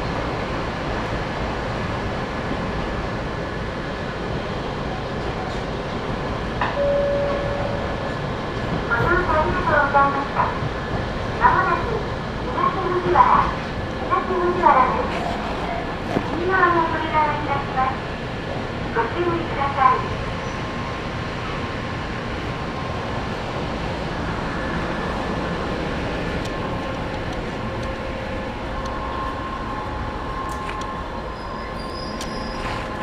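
A ride on the Sangi Line train, with a steady low rumble of running carriages throughout. From about 9 to 20 seconds a voice, likely an onboard announcement, rises over the noise, and afterward a faint steady whine hums along with the rolling.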